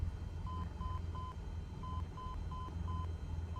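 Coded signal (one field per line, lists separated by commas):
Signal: none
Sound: cockpit warning beeps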